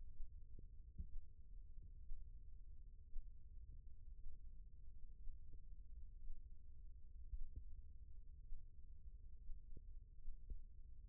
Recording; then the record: forearm muscle sounds (acoustic myography)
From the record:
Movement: rest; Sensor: system 1, eight BSWA MPA416 microphones around the upper forearm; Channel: 6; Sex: male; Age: 21 years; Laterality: right